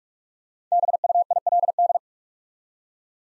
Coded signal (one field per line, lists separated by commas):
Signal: Morse code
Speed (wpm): 44 wpm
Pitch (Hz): 700 Hz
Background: none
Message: BUILD